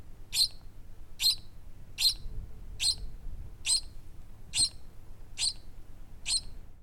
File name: birds nestlings tweet chirp in nest wind in background